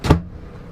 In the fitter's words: click that's how you know your